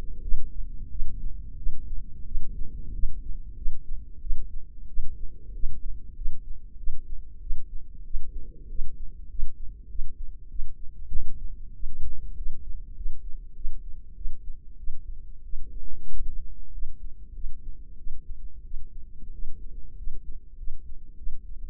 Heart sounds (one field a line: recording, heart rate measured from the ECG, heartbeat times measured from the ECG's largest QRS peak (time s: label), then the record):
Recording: heart sounds by microphone in the left ear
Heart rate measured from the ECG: 95 bpm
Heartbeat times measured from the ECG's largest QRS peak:
0.21 s: heartbeat
0.89 s: heartbeat
1.56 s: heartbeat
2.25 s: heartbeat
2.93 s: heartbeat
3.55 s: heartbeat
4.20 s: heartbeat
4.87 s: heartbeat
5.53 s: heartbeat
6.15 s: heartbeat
6.77 s: heartbeat
7.40 s: heartbeat
8.04 s: heartbeat
8.68 s: heartbeat
9.28 s: heartbeat
9.88 s: heartbeat
10.49 s: heartbeat
11.10 s: heartbeat
11.73 s: heartbeat
12.35 s: heartbeat
12.95 s: heartbeat
13.54 s: heartbeat
14.15 s: heartbeat
14.77 s: heartbeat
15.43 s: heartbeat
16.09 s: heartbeat
16.71 s: heartbeat
17.33 s: heartbeat
17.97 s: heartbeat
18.63 s: heartbeat
19.31 s: heartbeat
19.96 s: heartbeat
20.56 s: heartbeat
21.16 s: heartbeat
From the record:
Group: healthy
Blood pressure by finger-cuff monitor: 99/53 mmHg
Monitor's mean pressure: 66 mmHg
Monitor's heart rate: 94 bpm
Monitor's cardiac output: 8.4 L/min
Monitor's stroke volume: 90 mL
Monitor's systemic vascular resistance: 570 dyn s/cm5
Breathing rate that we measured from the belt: 17 breaths a minute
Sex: female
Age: 22 years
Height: 157 cm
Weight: 47.6 kg